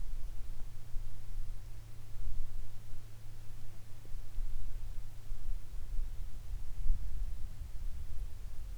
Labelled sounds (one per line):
aircraft
insects